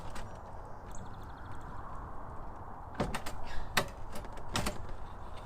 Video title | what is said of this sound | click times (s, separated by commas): Changing to the Thule Hullavator Pro Kayak System | So you hear it click into place? | 3.8 s